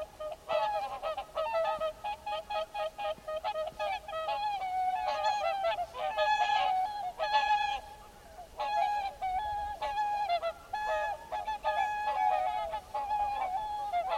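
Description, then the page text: Mute swan honking, a long series of brassy nasal calls in irregular clusters, often overlapping, with brief lulls between bursts. "Ciripituri în naturăLebăda mută sau Lebăda de vară – Cygnus olor"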